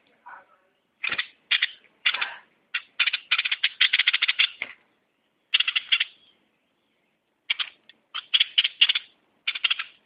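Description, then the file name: Bulbul in bursts of rasping chatter, a long rattling run, a pause, then further quick harsh clusters. "merbah lekir"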